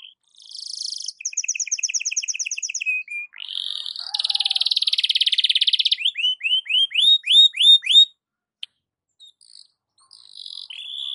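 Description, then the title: Belgian canary song of double-pitched trills, a long buzzy roll, then a series of rising swept notes before a short quiet spell. Belgian canary morning song, used to warm up a canary and described as suited for masteran (tutoring). "Canto Para Esquentar Canário Belga. SUARA BURUNG KENARI DI PAGI HARI COCOK BUAT MASTERAN"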